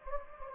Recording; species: mosquito wingbeat signal from an infrared sensor; Anopheles gambiae